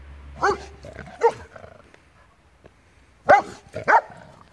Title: Jacko has his 5 minutes - funny dog behavior